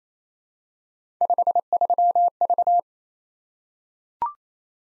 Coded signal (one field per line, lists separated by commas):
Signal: Morse code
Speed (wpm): 27 wpm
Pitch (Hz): 700 Hz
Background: none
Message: 53V